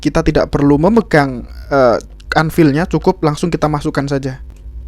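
A steel screwdriver bit is pushed straight into the quick-release chuck of a Makita TD172D JDM impact driver without holding the sleeve, while someone talks throughout. Nothing has seated or clicked yet; the clip ends just before the bit goes home.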